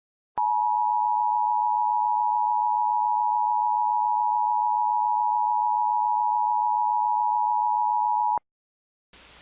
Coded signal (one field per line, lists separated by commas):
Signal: Emergency Alert System (SAME) tones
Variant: 853 and 960 Hz attention tone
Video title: EAS Mock: Just a Standard Required Monthly Test